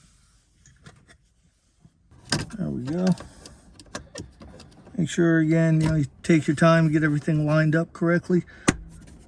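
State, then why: Not seated. A plastic trim cover is handled and lined up over the dashboard of a 5th-gen 2019–2023 Toyota RAV4 while someone talks, with light taps and rustling handling sounds throughout. Nothing has seated or clicked yet; the clip ends before the cover is pushed down into place.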